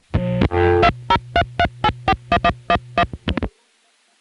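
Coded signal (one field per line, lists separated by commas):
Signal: DTMF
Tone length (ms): 60 ms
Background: music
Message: 2033841111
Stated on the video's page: Long-distance calls to centralized intercept, recorded February 1977 and June 1976.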